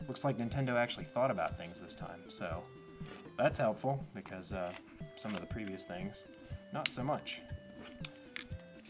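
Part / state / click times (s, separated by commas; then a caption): detachable game controllers into controller grip rails / seated / 8.1 s, 8.4 s. Two detachable handheld game controllers are slid onto the rails of a plastic grip or console while someone talks over background music. The controllers latch into place with sharp clicks at 8.1 s and 8.4 s, seating easily.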